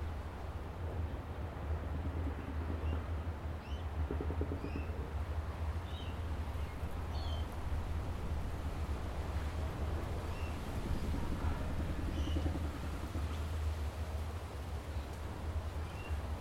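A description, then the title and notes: Outdoors overlooking a beach, a steady deep rumble and a dense, even wash of surf or traffic fill the whole recording without a break. Small birds chirp briefly now and then, scattered high above the roar, especially around the middle. Overlooking Tamarama Beach, Bondi, Sydney,. This recording comes from outside the building we stayed in overlooking the beautiful Tamarama Beach, which neighbors the well-known Bondi Beach outside of Sydney. It was a particularly windy, but beautiful day that I was able to capture without too much disturbance from the wind gusts.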